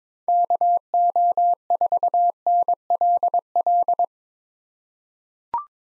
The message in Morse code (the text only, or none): KO4NLL